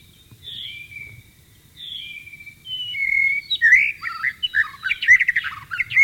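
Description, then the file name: White-rumped shama song opening with slow pure whistles, then speeding into a lively tumbling warble of varied notes. Wild bird, in the wild. "suara burung murai batu di alam liar"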